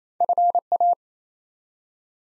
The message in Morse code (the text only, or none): FA